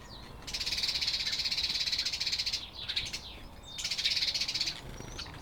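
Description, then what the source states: House sparrows giving two fast, scratchy rattles, a long one of about two seconds and a shorter one of about one second, with thin sliding chirps heard between them. House sparrows chattering, recorded 7 April 2007.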